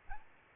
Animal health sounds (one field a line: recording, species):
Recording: mosquito wingbeat signal from an infrared sensor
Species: Aedes albopictus